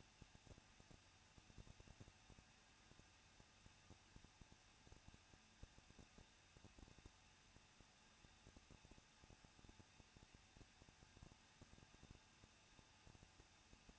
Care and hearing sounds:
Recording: daily activity, microphone in the room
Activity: no activity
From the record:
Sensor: 2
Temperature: 21.0 degrees Celsius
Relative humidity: 37.3%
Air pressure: 1006.2 hPa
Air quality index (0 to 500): 221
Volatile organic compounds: 24 ppm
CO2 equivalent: 2800 ppm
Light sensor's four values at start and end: 2/3/2/2 and 2/3/2/2

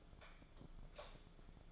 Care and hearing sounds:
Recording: daily activity, microphone in the room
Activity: light off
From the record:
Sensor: 5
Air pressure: 1010.4 hPa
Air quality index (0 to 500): 112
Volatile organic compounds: 2 ppm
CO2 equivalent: 1103 ppm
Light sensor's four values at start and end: 523/1346/555/629 and 523/1345/554/629

